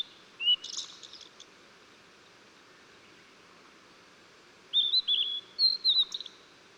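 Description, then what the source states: Blue-and-white flycatcher: a brief buzzy phrase end, quiet gap, then a fresh run of high wavering whistled notes. Recorded 14 June 2009.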